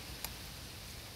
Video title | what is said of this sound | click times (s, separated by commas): 2010 Dodge Caravan Thermostat Replacement | make sure you hear a click four in the middle | 0.2 s